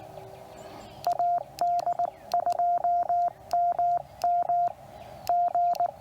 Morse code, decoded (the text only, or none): AD2MM G